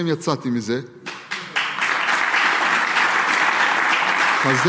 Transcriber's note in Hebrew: מחיאות כפים